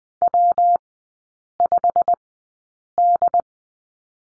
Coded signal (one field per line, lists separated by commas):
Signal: Morse code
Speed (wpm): 20 wpm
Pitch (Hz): 700 Hz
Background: none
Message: W5D